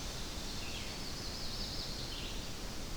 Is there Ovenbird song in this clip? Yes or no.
no